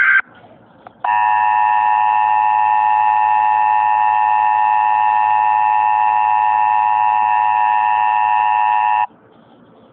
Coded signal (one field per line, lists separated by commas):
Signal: Emergency Alert System (SAME) tones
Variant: 853 and 960 Hz attention tone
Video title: EAS Mock: Wintel 4.0 Acting up!